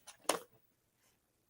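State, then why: Not seated. Someone tries to close the plastic snap latch on the lid of a new plastic bead storage box, and the latch fails to catch. A faint tap at 0.1 s leads into a sharp plastic clack at 0.3 s, then near silence until a brief sound starts at 1.6 s. Nothing has latched or clicked shut yet.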